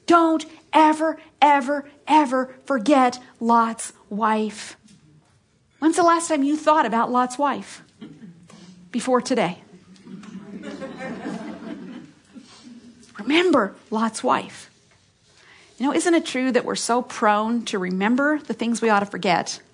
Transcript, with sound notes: Don’t ever, ever, ever forget Lot’s wife! When was the last time you thought about Lot’s wife—before today? (laughter) Remember Lot’s wife. Isn’t it true that we’re so prone to remember the things we ought to forget